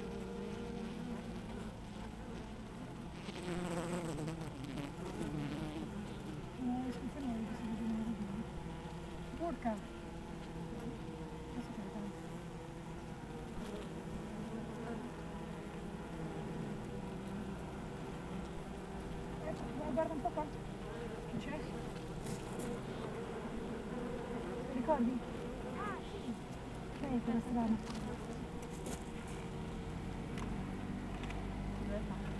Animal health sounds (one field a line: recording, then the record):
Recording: honeybee colony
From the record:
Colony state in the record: active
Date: 28 July 2017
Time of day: 8:06